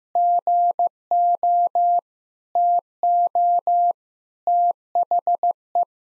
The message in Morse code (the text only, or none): GO TO THE